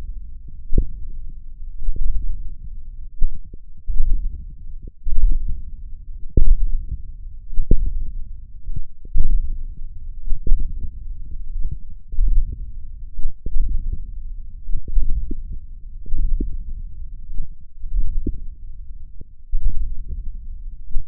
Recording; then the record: forearm muscle sounds (acoustic myography)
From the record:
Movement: hook grip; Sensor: system 1, eight BSWA MPA416 microphones around the upper forearm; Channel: 8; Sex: male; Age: 20 years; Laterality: left